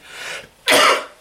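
A faint breathy intake is followed by one sharp, loud, noisy burst lasting under half a second. It is a single dry adult cough, with nothing else notable in the sound.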